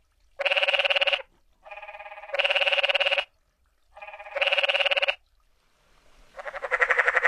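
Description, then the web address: Canyon treefrog giving buzzy pulsed trills, each under a second long, alternating with softer rattles, repeated about every two seconds. North America. "Songs of Frogs Toads of North America. Canyon Treefrog"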